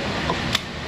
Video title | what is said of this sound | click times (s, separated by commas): VOLVO LEAKS, RANGER LEAKS TOO. DAY IN THE SHOP 459 #oil #coolant #repair #fix | there you go. Hear that click? We're good to go. | 0.5 s